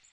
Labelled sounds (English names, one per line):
Magnolia Warbler flight call